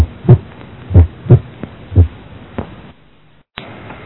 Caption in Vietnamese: Khi TR từ 18% giây đến 20% giây, cường độ tiếng thứ nhất yếu đi và tiếng thứ hai nghe mạnh hơn.